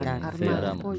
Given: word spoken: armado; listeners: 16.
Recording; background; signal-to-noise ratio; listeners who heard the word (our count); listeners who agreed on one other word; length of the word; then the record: one Spanish word in noise, from a listening test; four-talker babble; -2.3 dB; 2 of 16; 6 of 16; 0.59 s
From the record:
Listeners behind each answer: 6, 5, 2, 2, 1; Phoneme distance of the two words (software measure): 17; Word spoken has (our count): 3 syllables, 6 phonemes, stress on syllable 2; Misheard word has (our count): 2 syllables, 5 phonemes, stress on syllable 2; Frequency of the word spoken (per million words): 19.91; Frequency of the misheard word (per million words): 7.40